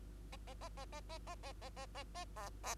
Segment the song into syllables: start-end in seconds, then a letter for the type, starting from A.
0.32-0.36 A, 0.47-0.54 A, 0.61-0.69 A, 0.77-0.85 A, 0.92-1.00 A, 1.09-1.18 A, 1.27-1.35 A, 1.43-1.52 A, 1.62-1.69 A, 1.76-1.86 A, 1.95-2.04 A, 2.15-2.25 A, 2.36-2.50 B, 2.63-2.75 B